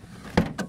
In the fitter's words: you can rotate it 360 degrees. It'll lock into position.